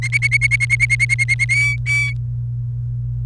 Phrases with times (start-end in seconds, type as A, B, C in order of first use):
0.02-1.45 A, 1.49-2.13 B